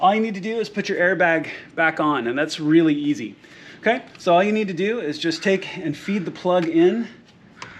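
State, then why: Seated. A man talks while the airbag wiring plug is fed into its socket on the BMW steering wheel airbag module, which is being put back on. Near the end of the speech the plug snaps into place with a sharp click at 7.6 s, followed by a smaller tick at 7.8 s.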